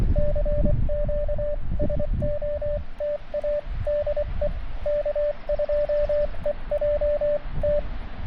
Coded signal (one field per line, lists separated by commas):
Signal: Morse code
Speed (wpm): 24 wpm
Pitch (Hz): 590 Hz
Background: radio noise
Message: CQ SOTA DE K2EJT